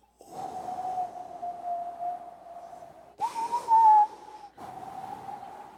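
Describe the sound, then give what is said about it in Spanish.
A voice imitates wind, like new-age background music, with a long, breathy, hooting whistle held at a steady low pitch, then breaks into a louder, brighter bird-like whistle before the windy drone returns. “Ahora hay una musiquita de nueva era que se han inventado, como el viento.”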